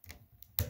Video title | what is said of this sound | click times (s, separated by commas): Masters of the Universe Megaconstrux Battle Bones Review | you can hear that snap when i put it together um | 0.6 s